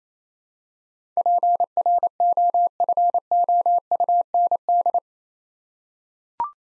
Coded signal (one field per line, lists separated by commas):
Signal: Morse code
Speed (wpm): 28 wpm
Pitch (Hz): 700 Hz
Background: none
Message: PROFOUND